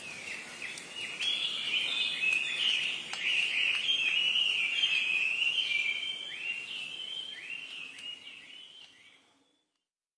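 Dense, bright birdsong chirps and trills overlap continuously over a soft low hiss, staying steady before fading away near the end.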